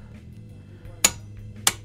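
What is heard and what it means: A torque wrench tightens the driveshaft hub nut on a Vauxhall Astra VXR Mk5 to 150 Nm while a helper holds the brake. Two sharp, bright clicks ring out at 1.1 s and 1.7 s over a low background hum. The wrench has reached 150 Nm.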